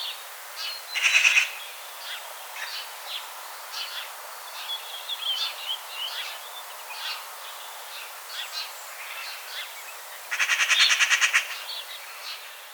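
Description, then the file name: Eurasian magpie giving harsh, dry rattling chatters, one near the start and a longer one near the end, with scattered soft chirps in between. "Pica pica"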